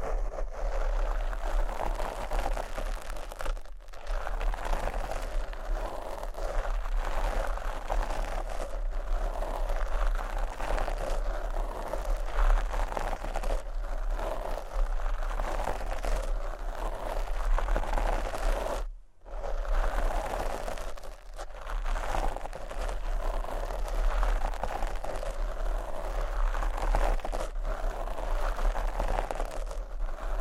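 Microphone scratching and brushing fills the half minute as a dense, continuous rough rustle with a steady low rumble underneath. Brief gaps break the texture near 4 seconds and 21 seconds, with a sharp near-silent drop just before 19 seconds.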